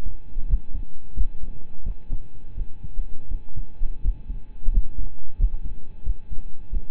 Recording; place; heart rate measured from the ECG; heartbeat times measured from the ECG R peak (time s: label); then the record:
heart sounds by stethoscope; between the tricuspid and mitral areas; 87 bpm
0.46 s: heartbeat
1.14 s: heartbeat
1.83 s: heartbeat
2.55 s: heartbeat
3.28 s: heartbeat
4.02 s: heartbeat
4.70 s: heartbeat
5.37 s: heartbeat
6.03 s: heartbeat
6.69 s: heartbeat
From the record:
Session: rest, lying down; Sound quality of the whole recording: partially saturated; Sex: male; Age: 25 years